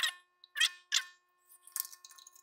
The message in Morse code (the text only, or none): none